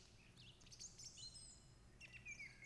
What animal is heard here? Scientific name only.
Turdus philomelos